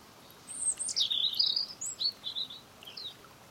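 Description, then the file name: European robin song: one long, thin, high warbling phrase of quick sliding and trilled notes, wavering up and down for about two and a half seconds. "Erithacus rubecula"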